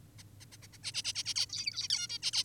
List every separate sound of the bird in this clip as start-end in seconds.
0.19-0.23, 0.41-0.46, 0.52-0.57, 0.62-0.68, 0.73-0.78, 0.84-0.92, 0.94-1.02, 1.04-1.13, 1.15-1.24, 1.26-1.34, 1.36-1.46, 1.50-1.88, 1.90-2.08, 2.10-2.18, 2.22-2.31, 2.33-2.44